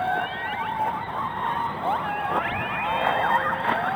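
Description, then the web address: Orca calls underwater, many overlapping squeals and quick up-and-down sweeps above a noisy hiss. Underwater recording. "subacuatica Audio archivos Orcas"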